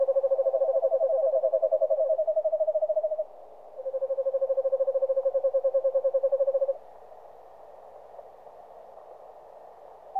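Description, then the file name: Eastern screech owl giving a long, even, rapidly pulsed trill on one low pitch, a brief pause, then a second matching trill, with a steady hiss after. "Digiffects Sound Effects Library - Eastern Screech Owl"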